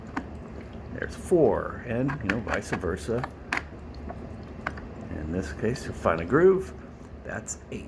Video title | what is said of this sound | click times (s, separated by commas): ABMC Bubble CPAP | pull this up up here click there's | 0.2 s